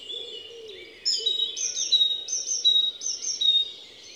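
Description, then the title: Song thrush song: a soft, quieter start, then several high, clear whistled notes repeated in fairly rapid succession. Les Avenières Veyrins-Thuellin, Haut-Rhône area, France; stereo parabolic microphone (EM172 capsule) with Zoom H4n Pro. "Envirhôna, Les Avenières Veyrins-Thuellin, France - Grive musicienne"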